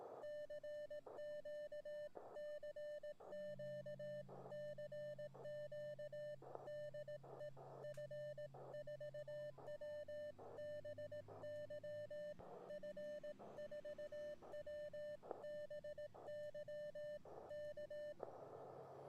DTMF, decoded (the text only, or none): none